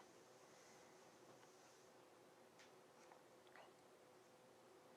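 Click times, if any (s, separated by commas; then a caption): 3.6 s. A plastic IV infusion cassette has its bottom forks placed on the pins and its top pivoted into the pump's chamber. A steady low hum runs throughout, with a light tap near 3.1 seconds and a sharp, short click at 3.6 seconds as the cassette seats properly in place.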